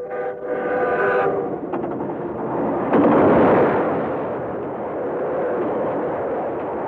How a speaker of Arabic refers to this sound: حملني القطار من القاهرة إلى محافظة أسيوط، 5.5 ساعات تفصل النخيلة عن القاهرة